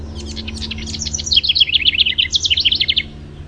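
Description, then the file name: House wren song, a hurried stream of high twittering notes building into loud, bubbling trilled chatter that drops away at the end. "HOWR song"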